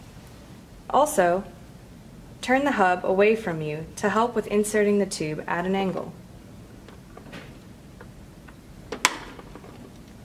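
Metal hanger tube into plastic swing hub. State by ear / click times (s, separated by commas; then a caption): seated / 9.0 s. Someone talks while a metal hanger tube is inserted at an angle into the plastic seat mount hub of a Graco Simple Sway swing, with the hub turned away to help. The tube is then pushed in until it clicks sharply into place at about 9.1 s, seating it in the hub.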